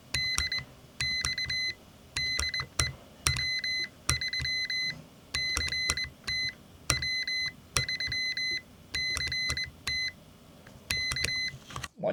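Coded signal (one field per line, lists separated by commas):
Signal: Morse code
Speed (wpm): 20 wpm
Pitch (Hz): 2050 Hz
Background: none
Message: DX DE W3CT W3CT K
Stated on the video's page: CW sent with an electronic keyer added to a Xiegu G90.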